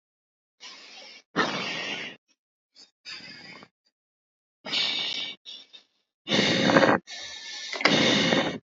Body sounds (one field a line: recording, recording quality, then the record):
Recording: shallow breathing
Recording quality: excellent, no background noise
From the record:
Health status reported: healthy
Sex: male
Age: 22 years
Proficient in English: yes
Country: India